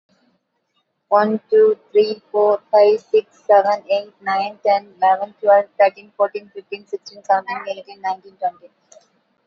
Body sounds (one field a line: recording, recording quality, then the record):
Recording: counting at a normal pace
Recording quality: excellent, no background noise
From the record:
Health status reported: exposed to COVID-19, no respiratory illness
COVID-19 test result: negative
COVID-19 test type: RT-PCR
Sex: female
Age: 24 years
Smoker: no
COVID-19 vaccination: both doses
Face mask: worn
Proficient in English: yes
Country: India